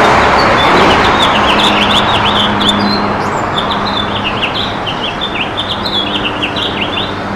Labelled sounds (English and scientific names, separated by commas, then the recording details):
House Finch (Haemorhous mexicanus) song
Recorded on Long Island, New York, on 15 June 2012
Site WI
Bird A